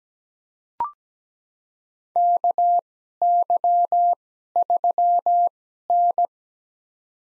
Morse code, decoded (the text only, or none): KY3N